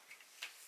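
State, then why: Seated. The lid of a small coin box used in a magic trick is closed onto the box. A single small tick is heard at 0.4 s as the parts fit together, and the lid seats exactly.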